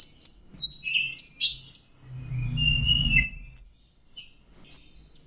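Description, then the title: Orange-headed thrush song of high chirping and whistled notes, briefly overlaid by a low rumbling noise, then resuming with sweeping high phrases. "Burung Anis Merah"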